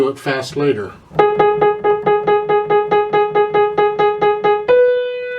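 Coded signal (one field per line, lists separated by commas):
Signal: none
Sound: piano notes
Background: speech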